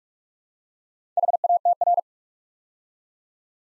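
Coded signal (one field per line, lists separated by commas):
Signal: Morse code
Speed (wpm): 44 wpm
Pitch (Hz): 700 Hz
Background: none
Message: HATR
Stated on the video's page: Morse drill at 45 wpm building 6-letter words two letters at a time, for instant character recognition.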